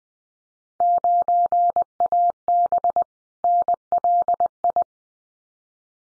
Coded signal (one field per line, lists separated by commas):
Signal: Morse code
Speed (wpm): 20 wpm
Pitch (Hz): 700 Hz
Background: none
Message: 9AB NLI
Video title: Field Day Exchange Encore 20wpm